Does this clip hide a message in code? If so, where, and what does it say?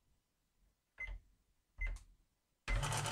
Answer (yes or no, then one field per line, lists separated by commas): no